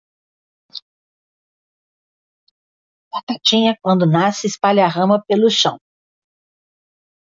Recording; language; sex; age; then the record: short text; Brazilian Portuguese; female; 50 to 59 years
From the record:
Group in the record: control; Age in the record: 56 years